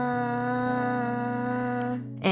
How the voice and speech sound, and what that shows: A girl has a very rare speech disorder, which makes it impossible for her to speak. But she can make sounds.